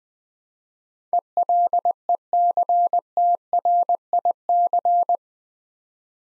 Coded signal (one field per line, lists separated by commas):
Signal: Morse code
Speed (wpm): 20 wpm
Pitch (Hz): 700 Hz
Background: none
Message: ELECTRIC